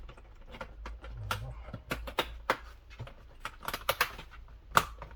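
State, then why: Seated. A rear side-window sunshade blind (left and right parts 7N0861955E and 7N0861956E) for a 2016 VW Sharan 7N2 is pressed into its mounting on the car's door trim, with a series of plastic taps and rattles as it is handled. It snaps home with a sharp plastic click at 4.8 s and is seated, clipping in well.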